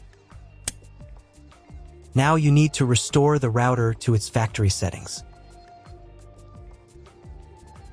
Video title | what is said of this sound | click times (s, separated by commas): ✅ How to Set Up D-Link DSL-321B - How to Setup D-Link N150 DSL-321B WiFi Router | Each cable should be inserted until it snaps into place. | 0.7 s